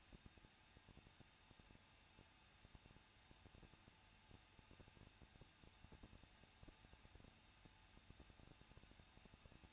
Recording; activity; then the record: daily activity, microphone in the room; no activity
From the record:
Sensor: 2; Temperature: 21.0 degrees Celsius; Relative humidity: 37.5%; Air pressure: 1006.3 hPa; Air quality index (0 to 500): 223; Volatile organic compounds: 25 ppm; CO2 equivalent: 2828 ppm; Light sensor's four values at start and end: 2/3/2/2 and 2/3/2/2